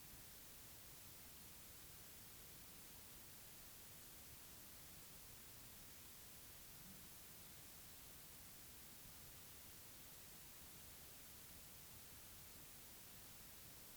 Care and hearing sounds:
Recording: daily activity, guitar pickup as the sensor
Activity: lie down

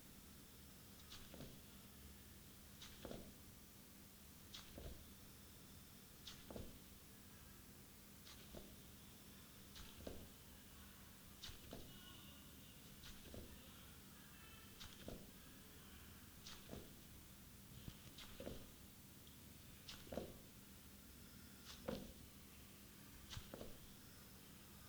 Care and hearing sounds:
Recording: daily activity, guitar pickup as the sensor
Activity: jump

